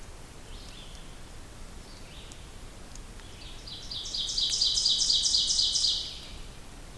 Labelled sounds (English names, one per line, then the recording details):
Ovenbird song
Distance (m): 15 m
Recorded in boreal forest in Alberta, Canada, on 2 June 2016 at 08:45
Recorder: SongMeter 3, array SBT-3-7
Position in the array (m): 21 m, 129 m
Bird 4